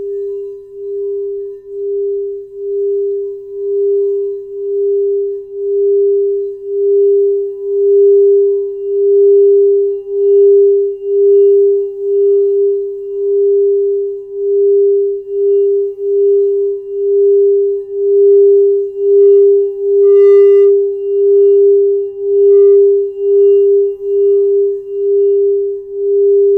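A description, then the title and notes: A crystal singing bowl sustains one pure mid-pitched tone that swells and fades in a steady pulse, with faint brighter overtones near twenty seconds. Crystal singing bowl clips.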